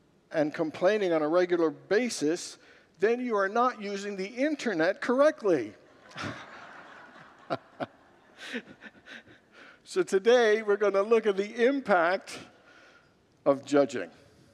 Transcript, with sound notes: and complaining on a regular basis, then you are not using the internet correctly.” [Congregants laugh] So, today we’re going to look at the impact of judging,